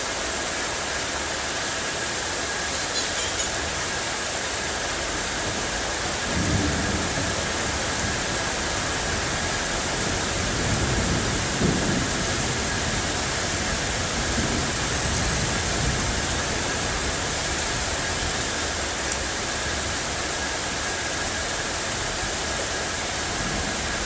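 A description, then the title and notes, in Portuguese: Steady, dense rain hisses evenly from start to finish, bright with no letup. Low, soft rumbles of thunder swell up around six seconds, again near eleven to twelve, and once more around fifteen seconds. Som de Chuva.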